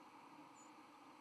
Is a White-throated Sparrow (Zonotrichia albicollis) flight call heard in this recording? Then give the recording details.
yes. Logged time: 07:16 on 31 October 2014